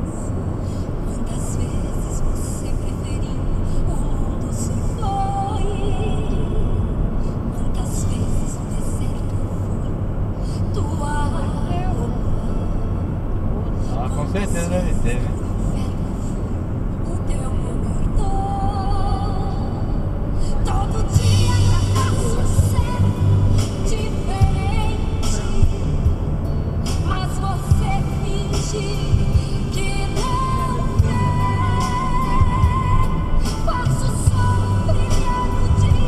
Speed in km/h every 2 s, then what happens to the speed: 74, 73, 71, 71, 70, 70, 70, 69, 69, 69, 70, 70, 71, 70, 69, 68, 68, 69.
0-36 steady at about 70.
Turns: none.